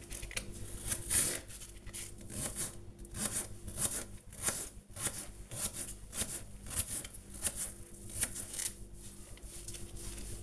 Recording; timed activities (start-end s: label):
household activities, microphone on the right wrist
0.00-10.43 s: cutting vegetables